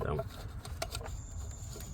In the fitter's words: slide it in there make sure it clicks let's go ahead and do the top sensor